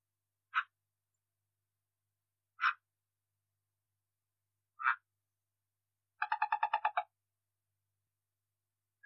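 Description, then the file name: Red-eyed tree frog uttering single dry chocks roughly every two seconds, broken once by a rapid rattling burst of about eight clicks. "red eye tree frog calling"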